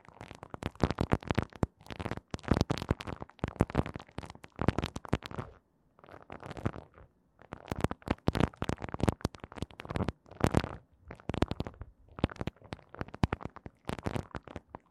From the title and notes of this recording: Tascam 耳掃除 | Tascam Ear Cleaning | NO Talking.